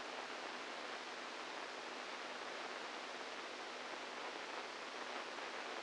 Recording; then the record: brain microelectrode recording played as sound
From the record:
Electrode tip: outside the subthalamic nucleus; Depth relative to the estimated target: -4 mm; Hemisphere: right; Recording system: NeuroSet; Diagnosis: Parkinson's disease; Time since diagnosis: 8 years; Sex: male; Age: 46 years